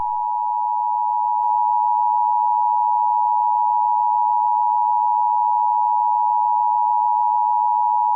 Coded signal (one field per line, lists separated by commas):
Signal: Emergency Alert System (SAME) tones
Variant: 853 and 960 Hz attention tone